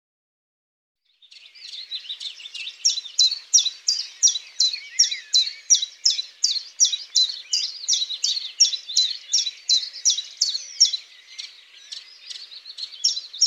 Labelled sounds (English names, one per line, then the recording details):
Common Chiffchaff song
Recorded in the wild
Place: Flögelner See, Schleswig-Holstein, DE
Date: 1999-05-11
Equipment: MiniDisc Sony MZ-R35, Telinga DAT, Telinga-Parabolspiegel
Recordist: Schwarz, Dieter